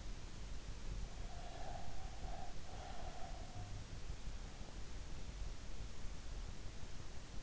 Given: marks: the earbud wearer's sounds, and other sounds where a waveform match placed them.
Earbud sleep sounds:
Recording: sounds in sleep by an in-ear microphone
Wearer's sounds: breath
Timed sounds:
1.24-3.73 s: breath

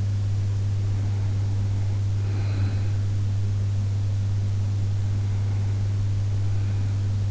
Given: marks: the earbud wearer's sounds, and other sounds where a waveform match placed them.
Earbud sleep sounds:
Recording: sounds in sleep by an in-ear microphone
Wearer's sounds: breath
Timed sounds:
0.41-3.32 s: breath

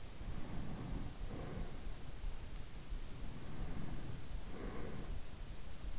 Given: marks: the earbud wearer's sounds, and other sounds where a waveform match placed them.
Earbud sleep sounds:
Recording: sounds in sleep by an in-ear microphone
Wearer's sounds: breath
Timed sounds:
0.39-2.31 s: breath
3.12-5.48 s: breath

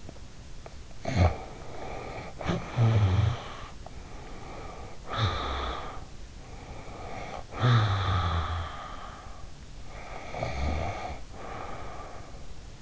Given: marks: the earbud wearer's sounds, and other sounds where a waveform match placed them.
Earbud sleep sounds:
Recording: sounds in sleep by an in-ear microphone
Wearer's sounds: teeth grinding, snoring breath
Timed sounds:
0.00-0.83 s: teeth grinding
0.83-3.86 s: snoring breath
3.90-6.19 s: snoring breath
6.36-9.71 s: snoring breath
9.84-12.82 s: snoring breath

